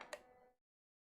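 A part is pushed again into the body of an instant film camera after a failed try. A short, sharp click at 0.1 s rings out briefly and fades by about 0.6 s, followed by silence. The part locks into place and is seated.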